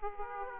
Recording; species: mosquito wingbeat signal from an infrared sensor; Aedes aegypti